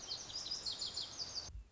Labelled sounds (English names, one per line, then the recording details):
Lazuli Bunting
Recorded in Sonoma County, California